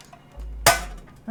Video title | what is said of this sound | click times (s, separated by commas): Assembler une NES quand ON CONNAÎT RIEN - BRICOLER C'EST SÉRIEUX | OK, ça ça enclenche là. | 0.7 s